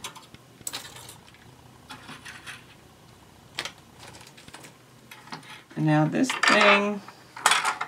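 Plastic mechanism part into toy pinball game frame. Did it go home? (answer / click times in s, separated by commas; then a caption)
yes / 7.5 s. A plastic mechanism part is pressed into the frame of a toy pinball game during reassembly. Light handling knocks and taps come before someone talks. The part snaps into place with a sharp click at 7.5 s.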